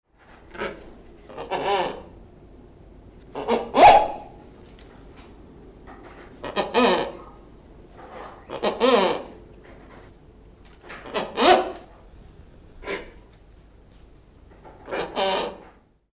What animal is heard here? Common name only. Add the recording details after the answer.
Wreathed Hornbill. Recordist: Tembrock, Günter. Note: Rufe eines Paares